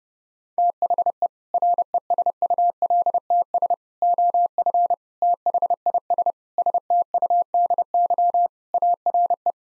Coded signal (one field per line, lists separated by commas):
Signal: Morse code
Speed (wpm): 30 wpm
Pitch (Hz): 700 Hz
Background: none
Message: THE RESULTS OF THIS STUDY ARE